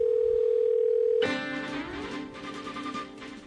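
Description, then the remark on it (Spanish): A steady, unbroken telephone line tone on a rotary phone hums at a single mid pitch for just over a second, then cuts off abruptly as a busier, brighter stretch of layered tonal sound takes over. “Pero si tengo teléfono a disco.”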